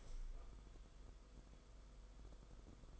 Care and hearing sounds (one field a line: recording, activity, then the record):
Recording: daily activity, microphone in the room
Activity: open window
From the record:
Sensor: 5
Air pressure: 990.5 hPa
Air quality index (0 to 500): 163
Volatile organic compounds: 281 ppm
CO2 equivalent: 4437 ppm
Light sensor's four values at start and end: 17/41/17/18 and 18/42/17/18